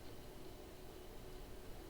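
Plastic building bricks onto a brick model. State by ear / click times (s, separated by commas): not seated / none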